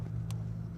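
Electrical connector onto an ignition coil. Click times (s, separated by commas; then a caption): 0.3 s. After a spark plug change on a Ford 3.5L V6 EcoBoost, the electrical connector clip is pushed back onto the ignition coil. A short, bright click at 0.3 s stands out over a steady low hum, and the red locking tab then goes up, showing the connector is seated properly.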